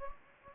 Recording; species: mosquito wingbeat signal from an infrared sensor; Anopheles gambiae